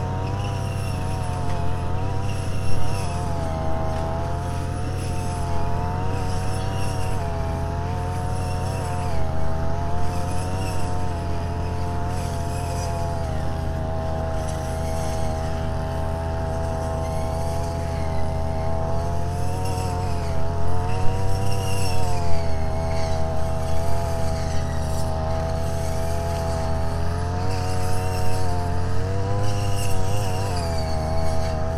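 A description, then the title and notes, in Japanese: A brush cutter's engine drones steadily, its whining pitch rising and dipping as it works, over a constant low rumble of machinery. 草刈機でひたすら草刈り。少し日のかげりはじめる15時すぎから草刈機で草刈り。サツマイモの畝の間を行ったり来たりしながら、ツルを切らないよううに慎重に刈っていきます。途中から旦那さんも隣の畑のネギの中耕に耕運機でやって来ましたか。農村の機械音の風景です。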